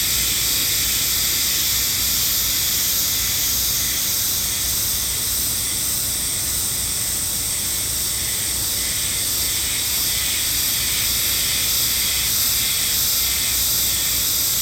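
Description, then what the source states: Cicadas singing in a dense chorus, a steady high buzzing hiss with a pulsing, wavering rhythm in the middle pitches, several beats each second. Chorus in the sacred forest of Nou Hakusan Shrine, Japan, the northernmost habitat on the Sea of Japan side; possibly near season's end; calling fairly well; recorded with an MKH8020 microphone.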